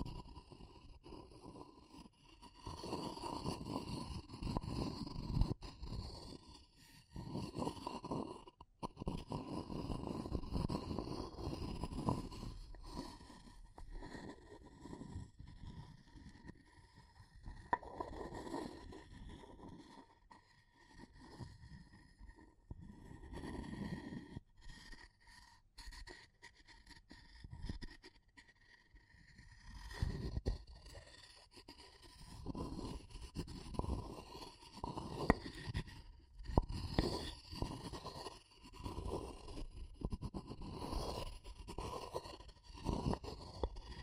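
Wood, bamboo and straw being handled and rubbed, giving a stream of dry scraping, creaking and rustling that keeps changing in strength. Dense low scuffs come in bursts with brief quiet gaps near 20 and 30 seconds, and a faint steady tone runs underneath throughout.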